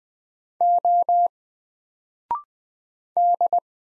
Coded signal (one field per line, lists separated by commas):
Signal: Morse code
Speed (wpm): 20 wpm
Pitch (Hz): 700 Hz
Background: none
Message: O D